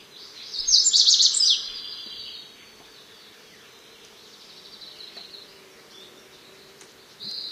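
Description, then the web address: Lazuli bunting song: a bright, rapid burst of jumbled high notes near the start, then softer sustained high warbling and a brief renewed phrase at the end. "Songs of Birds of North America Know Your Bird Sounds Common Western Species. Lazuli Bunting"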